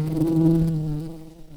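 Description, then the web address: Red-tailed bumblebee buzzing: a steady low droning hum that holds its pitch, then slowly fades over the second half. Queen. "Lapidarius queens"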